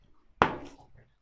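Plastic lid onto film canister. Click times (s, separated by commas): 0.4 s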